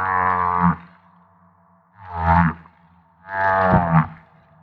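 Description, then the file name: Humpback whale song: three broad, buzzy moaning units with strong low harmonics, separated by pauses. Recorded off Maui. "Humpback Whale - Maui Whale One"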